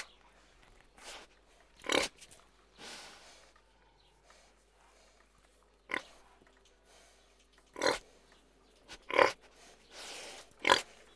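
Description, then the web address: Pig grunts come in irregular bursts, some gruff and low, others harsher, separated by quiet gaps of up to three seconds. Several pigs grunting. "KMP Film Video Sound Effects. Varkens - Geknor"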